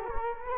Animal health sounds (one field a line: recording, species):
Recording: mosquito wingbeat signal from an infrared sensor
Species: Culex quinquefasciatus